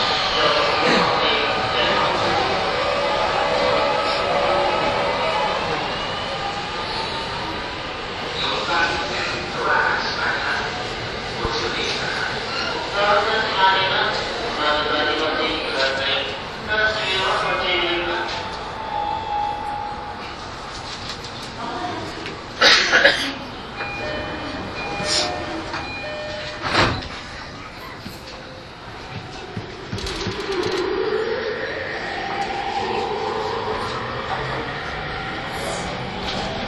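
A Yamanote Line E231 train running on the outer loop, with a steady rumble under layered voices and tones throughout. A short sharp burst cuts in near 23 seconds and another near 27, and a rising whine builds toward the end.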